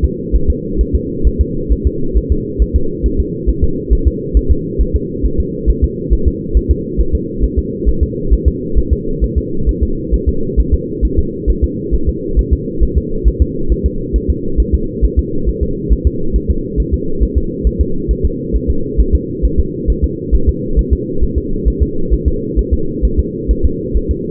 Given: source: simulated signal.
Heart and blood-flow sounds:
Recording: fetal heart sounds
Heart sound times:
0.04 s: S2
0.36 s: S1
0.50 s: S2
0.81 s: S1
0.95 s: S2
1.27 s: S1
1.41 s: S2
1.72 s: S1
1.87 s: S2
2.18 s: S1
2.32 s: S2
2.62 s: S1
2.76 s: S2
3.06 s: S1
3.20 s: S2
3.50 s: S1
3.64 s: S2
3.93 s: S1
4.07 s: S2
4.37 s: S1
4.51 s: S2
4.81 s: S1
4.96 s: S2
5.26 s: S1
5.40 s: S2
5.70 s: S1
5.84 s: S2
6.13 s: S1
6.28 s: S2
6.57 s: S1
6.71 s: S2
7.00 s: S1
7.15 s: S2
7.44 s: S1
7.59 s: S2
7.89 s: S1
8.03 s: S2
8.33 s: S1
8.48 s: S2
8.78 s: S1
8.93 s: S2
9.24 s: S1
9.38 s: S2
9.69 s: S1
9.83 s: S2
10.14 s: S1
10.29 s: S2
10.60 s: S1
10.74 s: S2
11.05 s: S1
11.19 s: S2
11.50 s: S1
11.64 s: S2
11.94 s: S1
12.09 s: S2
12.39 s: S1
12.53 s: S2
12.83 s: S1
12.98 s: S2
13.28 s: S1
13.42 s: S2
13.72 s: S1
13.86 s: S2
14.16 s: S1
14.30 s: S2
14.60 s: S1
14.75 s: S2
15.04 s: S1
15.19 s: S2
15.49 s: S1
15.63 s: S2
15.93 s: S1
16.07 s: S2
16.36 s: S1
16.50 s: S2
16.80 s: S1
16.94 s: S2
17.23 s: S1
17.38 s: S2
17.67 s: S1
17.81 s: S2
18.11 s: S1
18.25 s: S2
18.56 s: S1
18.70 s: S2
19.00 s: S1
19.15 s: S2
19.45 s: S1
19.59 s: S2
19.90 s: S1
20.04 s: S2
20.35 s: S1
20.49 s: S2
20.79 s: S1
20.93 s: S2
21.24 s: S1
21.38 s: S2
21.68 s: S1
21.82 s: S2
22.13 s: S1
22.28 s: S2
22.59 s: S1
22.73 s: S2
23.05 s: S1
23.19 s: S2
23.51 s: S1
23.65 s: S2
23.97 s: S1
24.11 s: S2
From the record:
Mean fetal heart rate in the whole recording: 135 bpm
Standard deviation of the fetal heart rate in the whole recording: 3 bpm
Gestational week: 34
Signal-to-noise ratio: -8.1 dB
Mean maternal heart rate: 72 bpm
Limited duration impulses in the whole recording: absent

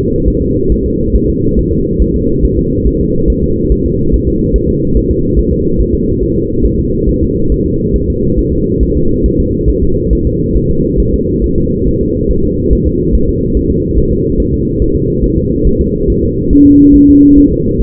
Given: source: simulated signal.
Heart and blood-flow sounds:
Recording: fetal heart sounds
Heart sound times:
0.28 s: S1
0.42 s: S2
0.72 s: S1
0.86 s: S2
1.16 s: S1
1.29 s: S2
1.59 s: S1
1.73 s: S2
2.02 s: S1
2.16 s: S2
2.44 s: S1
2.58 s: S2
2.87 s: S1
3.01 s: S2
3.30 s: S1
3.44 s: S2
3.72 s: S1
3.86 s: S2
4.14 s: S1
4.28 s: S2
4.56 s: S1
4.70 s: S2
4.97 s: S1
5.11 s: S2
5.39 s: S1
5.53 s: S2
5.80 s: S1
5.94 s: S2
6.23 s: S1
6.37 s: S2
6.65 s: S1
6.79 s: S2
7.09 s: S1
7.23 s: S2
7.52 s: S1
7.66 s: S2
7.96 s: S1
8.10 s: S2
8.39 s: S1
8.53 s: S2
8.83 s: S1
8.97 s: S2
9.26 s: S1
9.40 s: S2
9.69 s: S1
9.83 s: S2
10.13 s: S1
10.27 s: S2
10.57 s: S1
10.71 s: S2
11.00 s: S1
11.14 s: S2
11.44 s: S1
11.58 s: S2
11.87 s: S1
12.01 s: S2
12.31 s: S1
12.45 s: S2
12.73 s: S1
12.87 s: S2
13.15 s: S1
13.29 s: S2
13.57 s: S1
13.71 s: S2
13.98 s: S1
14.12 s: S2
14.40 s: S1
14.54 s: S2
14.82 s: S1
14.96 s: S2
15.24 s: S1
15.38 s: S2
15.67 s: S1
15.81 s: S2
16.10 s: S1
16.24 s: S2
16.53 s: S1
16.67 s: S2
16.96 s: S1
17.10 s: S2
17.38 s: S1
17.52 s: S2
17.81 s: S1
From the record:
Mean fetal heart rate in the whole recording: 140 bpm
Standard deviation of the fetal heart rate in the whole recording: 2 bpm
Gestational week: 34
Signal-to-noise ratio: -15.3 dB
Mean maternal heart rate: 72 bpm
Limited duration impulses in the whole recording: present

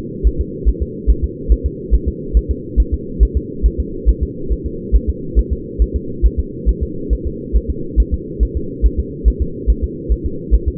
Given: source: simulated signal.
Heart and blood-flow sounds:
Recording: fetal heart sounds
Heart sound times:
0.27 s: S1
0.41 s: S2
0.69 s: S1
0.83 s: S2
1.10 s: S1
1.24 s: S2
1.52 s: S1
1.66 s: S2
1.95 s: S1
2.08 s: S2
2.37 s: S1
2.51 s: S2
2.80 s: S1
2.94 s: S2
3.23 s: S1
3.37 s: S2
3.66 s: S1
3.80 s: S2
4.09 s: S1
4.23 s: S2
4.52 s: S1
4.66 s: S2
4.96 s: S1
5.09 s: S2
5.39 s: S1
5.53 s: S2
5.82 s: S1
5.96 s: S2
6.26 s: S1
6.39 s: S2
6.69 s: S1
6.83 s: S2
7.13 s: S1
7.27 s: S2
7.56 s: S1
7.70 s: S2
8.00 s: S1
8.14 s: S2
8.43 s: S1
8.57 s: S2
8.86 s: S1
9.00 s: S2
9.28 s: S1
9.42 s: S2
9.70 s: S1
9.84 s: S2
10.12 s: S1
10.26 s: S2
10.55 s: S1
10.68 s: S2
From the record:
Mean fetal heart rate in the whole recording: 140 bpm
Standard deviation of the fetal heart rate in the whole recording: 2 bpm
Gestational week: 34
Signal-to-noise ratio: -4.3 dB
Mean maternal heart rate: 72 bpm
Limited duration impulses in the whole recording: absent

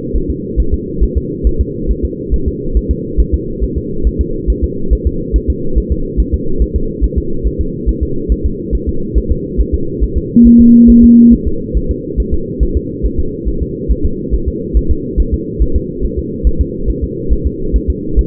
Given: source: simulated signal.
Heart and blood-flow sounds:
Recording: fetal heart sounds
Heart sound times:
0.16 s: S1
0.30 s: S2
0.60 s: S1
0.74 s: S2
1.03 s: S1
1.17 s: S2
1.47 s: S1
1.61 s: S2
1.91 s: S1
2.05 s: S2
2.34 s: S1
2.48 s: S2
2.77 s: S1
2.91 s: S2
3.20 s: S1
3.34 s: S2
3.64 s: S1
3.78 s: S2
4.07 s: S1
4.21 s: S2
4.50 s: S1
4.64 s: S2
4.93 s: S1
5.07 s: S2
5.36 s: S1
5.50 s: S2
5.78 s: S1
5.92 s: S2
6.20 s: S1
6.34 s: S2
6.62 s: S1
6.76 s: S2
7.04 s: S1
7.18 s: S2
7.47 s: S1
7.61 s: S2
7.89 s: S1
8.03 s: S2
8.32 s: S1
8.46 s: S2
8.75 s: S1
8.89 s: S2
9.18 s: S1
9.32 s: S2
9.60 s: S1
9.75 s: S2
10.04 s: S1
10.17 s: S2
10.47 s: S1
10.61 s: S2
10.90 s: S1
11.04 s: S2
11.34 s: S1
11.47 s: S2
11.77 s: S1
11.91 s: S2
12.20 s: S1
12.34 s: S2
12.63 s: S1
12.77 s: S2
13.06 s: S1
13.19 s: S2
13.48 s: S1
13.62 s: S2
13.91 s: S1
14.05 s: S2
14.34 s: S1
14.48 s: S2
14.77 s: S1
14.91 s: S2
15.20 s: S1
15.34 s: S2
15.62 s: S1
15.76 s: S2
16.05 s: S1
16.19 s: S2
16.47 s: S1
16.61 s: S2
16.90 s: S1
17.04 s: S2
17.33 s: S1
17.47 s: S2
17.76 s: S1
17.90 s: S2
18.19 s: S1
From the record:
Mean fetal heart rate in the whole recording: 140 bpm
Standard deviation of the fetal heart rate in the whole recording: 2 bpm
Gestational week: 34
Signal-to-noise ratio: -8.1 dB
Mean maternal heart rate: 72 bpm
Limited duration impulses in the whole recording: present

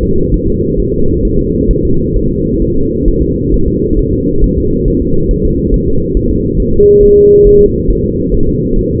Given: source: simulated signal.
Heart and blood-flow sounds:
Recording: fetal heart sounds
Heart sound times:
0.03 s: S2
0.34 s: S1
0.48 s: S2
0.80 s: S1
0.94 s: S2
1.25 s: S1
1.39 s: S2
1.71 s: S1
1.85 s: S2
2.17 s: S1
2.31 s: S2
2.62 s: S1
2.77 s: S2
3.08 s: S1
3.23 s: S2
3.54 s: S1
3.68 s: S2
3.99 s: S1
4.14 s: S2
4.44 s: S1
4.58 s: S2
4.88 s: S1
5.02 s: S2
5.31 s: S1
5.45 s: S2
5.74 s: S1
5.88 s: S2
6.17 s: S1
6.31 s: S2
6.60 s: S1
6.74 s: S2
7.03 s: S1
7.17 s: S2
7.47 s: S1
7.61 s: S2
7.90 s: S1
8.05 s: S2
8.34 s: S1
8.49 s: S2
8.79 s: S1
8.93 s: S2
From the record:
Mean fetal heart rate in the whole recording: 135 bpm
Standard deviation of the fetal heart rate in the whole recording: 3 bpm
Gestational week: 36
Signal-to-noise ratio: -16.4 dB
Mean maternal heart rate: 72 bpm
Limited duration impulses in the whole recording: present

